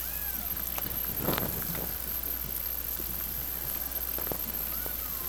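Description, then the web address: Killer whale calls as faint arching tones at the start and end, with scattered clicks over constant underwater hiss and low hum. Transient killer whales recorded by hydrophone at Lime Kiln, 10 April 2012, around 06:28. "Lime Kiln Transients 120410 orcasound 04 10 2012 06 28 46"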